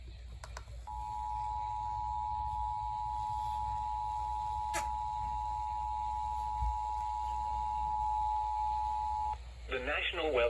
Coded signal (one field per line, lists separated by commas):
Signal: Emergency Alert System (SAME) tones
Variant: 853 and 960 Hz attention tone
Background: speech